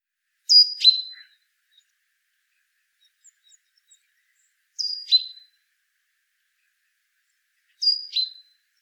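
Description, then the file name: Great tit calls: three short bursts a few seconds apart, each a high thin note slipping down into a sharper, lower chirp, against an otherwise quiet background. "Parus major"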